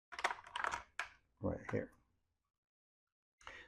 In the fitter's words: you would have to have it on the floor, and you just put it right there and it clicks in place